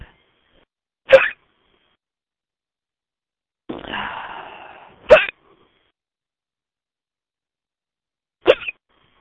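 An adult's three abrupt, sharp vocal bursts come about 3 to 4 seconds apart, with a breathy exhale between the first two. These are very powerful hiccups: painless, jerking, involuntary diaphragm spasms cut off by sudden closure of the vocal cords.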